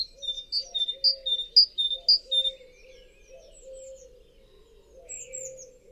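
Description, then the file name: Great tit opening with several bright, sharp two-note phrases in quick, regular rhythm, then quieter thin notes, with a low hum throughout. "Parus major"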